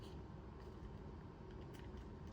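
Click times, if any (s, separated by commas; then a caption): none. A small part is slid by hand into its housing on the build, done by hand rather than with needle-nose pliers because it is easier to be gentle. A steady low rumble runs throughout, with a brief sharp tick at the very end, around 2.3 s. Nothing has seated or clicked into place yet.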